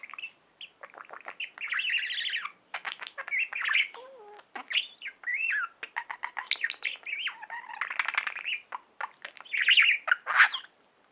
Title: Budgie Sounds